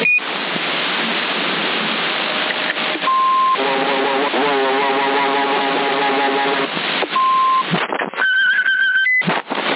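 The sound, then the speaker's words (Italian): An electronic telephone ring with a warbling, buzzy tone, set off by short steady beeps before and after, all over a constant hiss of static noise. “Un attimo il telefono”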